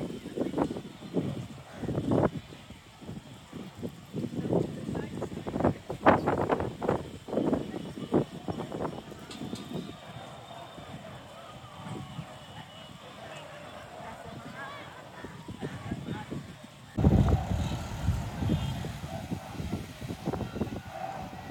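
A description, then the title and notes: Riots in Kenya: a crowd of voices shouts and calls out in irregular bursts, loudest in the first seven seconds, then thins to a murmur. A steady low rumble runs underneath, and at about seventeen seconds a louder surge of voices breaks in. Riots in Kenya. I was in the place in Kilifi, the place I live at the time.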